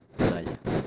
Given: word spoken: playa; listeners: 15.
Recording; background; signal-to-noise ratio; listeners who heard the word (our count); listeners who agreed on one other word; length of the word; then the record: one Spanish word in noise, from a listening test; noise modulated by one talker; -7.3 dB; 1 of 15; 7 of 15; 0.47 s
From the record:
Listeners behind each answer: 7, 5, 1, 1, 1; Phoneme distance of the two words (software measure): 17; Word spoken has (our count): 2 syllables, 5 phonemes, stress on syllable 1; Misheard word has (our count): 2 syllables, 4 phonemes, stress on syllable 1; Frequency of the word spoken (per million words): 41.07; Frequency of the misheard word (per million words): 13.43